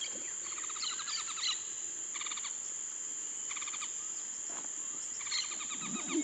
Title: LuckyPassaro Completos2Sama. Yellow-chinned Spinetail (Certhiaxis cinnamomeus cearensis (ssp assumed from location))